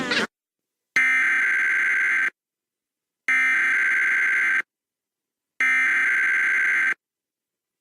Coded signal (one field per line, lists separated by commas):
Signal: Emergency Alert System (SAME) tones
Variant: header bursts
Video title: Emergency Alert during Splash and Bubbles KOPB 10.1